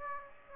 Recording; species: mosquito wingbeat signal from an infrared sensor; Aedes aegypti